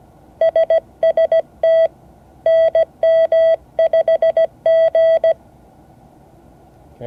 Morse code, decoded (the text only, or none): SST NM5G